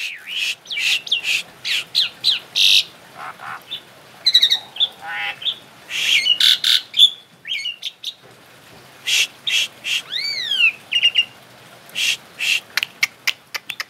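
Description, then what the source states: Asian pied starling song mixing scratchy chatter, rasping bursts and clear rising and falling whistles, with a brief pause partway. Indonesian name Jalak Suren; labelled Suren Teler.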